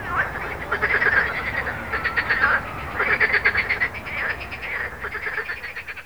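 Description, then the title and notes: Frogs giving rapid pulsed croaking trills in two main bursts, fading toward the end, over low traffic hum. Frogs recorded with road noise at Jardins de la Ligne, Montaudran, Toulouse, France, using a Zoom H4n recorder. "Jardins de la Ligne, 1 Rue Jacqueline Auriol, 31400 Toulouse, France - Frog Montaudran. Frog and road captation zoom h4n"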